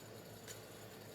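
An insert is handled and pushed into an art tool body with its flat end kept up, against a steady low hum with a brief faint rustle around 0.5 s. Nothing has seated or clicked yet.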